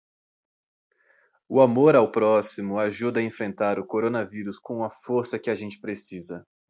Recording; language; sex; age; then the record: spoken sentence; Brazilian Portuguese; male; 20 to 29 years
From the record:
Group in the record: control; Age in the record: 26 years